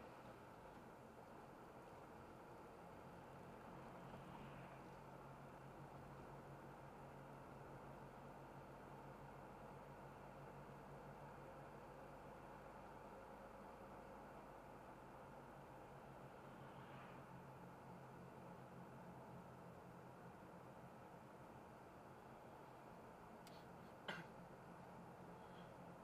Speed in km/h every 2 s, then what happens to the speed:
47, 47, 50, 51, 51, 53, 53, 51, 48, 48, 47, 42, 48.
0-9 speeds up to 53. 20-26 steady at about 47.